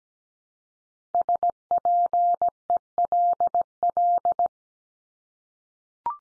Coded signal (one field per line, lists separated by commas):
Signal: Morse code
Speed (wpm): 17 wpm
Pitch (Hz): 700 Hz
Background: none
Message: SPELL